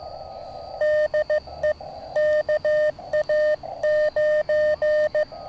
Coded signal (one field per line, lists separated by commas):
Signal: Morse code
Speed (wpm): 15 wpm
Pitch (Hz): 610 Hz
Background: none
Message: DE KA9